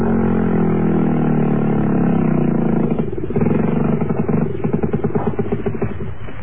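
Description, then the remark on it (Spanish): A barge motor runs with a loud, steady low drone and harmonic hum, then shifts partway through into a rougher, rhythmic chugging pulse. The barge is at coral reefs several kilometres from the San Francisco docks. No voices are heard. “El sueco apagó los motores del lanchón”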